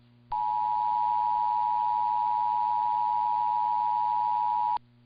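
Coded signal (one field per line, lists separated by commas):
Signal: Emergency Alert System (SAME) tones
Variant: 853 and 960 Hz attention tone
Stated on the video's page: Weekly and monthly EAS tests (RWTs and RMTs).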